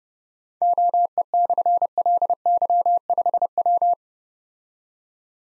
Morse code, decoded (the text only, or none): OE/LY5W